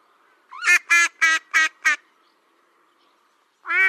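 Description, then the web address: Mallard quacking, a rapid series of five raspy, nasal quacks in about one and a half seconds, then silence before one more loud quack. Female mallards, more than one bird. "Schulze Peter Mallard"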